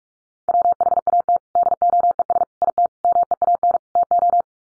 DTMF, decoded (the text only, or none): none